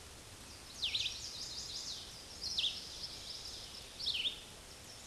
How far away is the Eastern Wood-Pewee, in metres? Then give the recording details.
about 10 m. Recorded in a Pennsylvania forest on 18 May 2023 at 09:33. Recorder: AudioMoth, point grid1_39_low. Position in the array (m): 192 m, 183 m